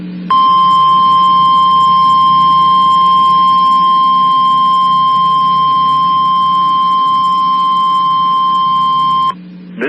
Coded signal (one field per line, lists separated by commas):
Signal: Emergency Alert System (SAME) tones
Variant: 1050 Hz attention tone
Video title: EAS 4218-4222: Weekly Tests From 02/08/23